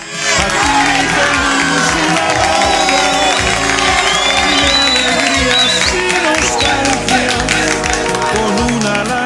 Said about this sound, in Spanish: Que suenen esas palmas para nuestros amigos, seguidores de El Periódico La Punta, DJ.